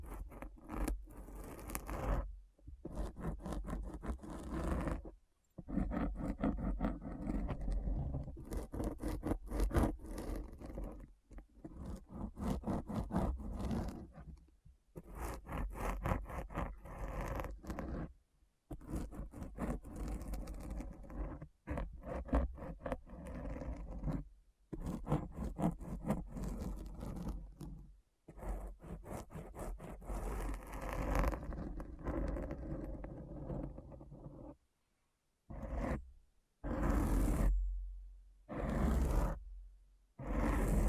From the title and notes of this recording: ASMR Deep Brain Scratch (No Talking).